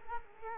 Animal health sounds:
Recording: mosquito wingbeat signal from an infrared sensor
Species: Culex quinquefasciatus

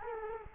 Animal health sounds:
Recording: mosquito wingbeat signal from an infrared sensor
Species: Culex quinquefasciatus

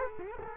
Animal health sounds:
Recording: mosquito wingbeat signal from an infrared sensor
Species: Culex quinquefasciatus

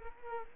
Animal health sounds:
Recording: mosquito wingbeat signal from an infrared sensor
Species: Culex quinquefasciatus

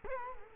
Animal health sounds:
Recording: mosquito wingbeat signal from an infrared sensor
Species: Culex quinquefasciatus

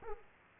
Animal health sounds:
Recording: mosquito wingbeat signal from an infrared sensor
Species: Aedes aegypti

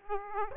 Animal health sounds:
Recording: mosquito wingbeat signal from an infrared sensor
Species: Aedes aegypti

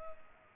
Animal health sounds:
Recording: mosquito wingbeat signal from an infrared sensor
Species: Culex pipiens

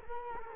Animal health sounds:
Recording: mosquito wingbeat signal from an infrared sensor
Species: Culex quinquefasciatus

